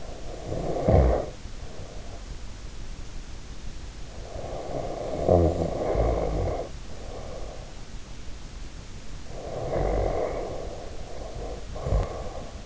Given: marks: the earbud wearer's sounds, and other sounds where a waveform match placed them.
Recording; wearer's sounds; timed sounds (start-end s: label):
sounds in sleep by an in-ear microphone; snoring breath
0.00-2.33 s: snoring breath
4.22-7.73 s: snoring breath
9.09-12.66 s: snoring breath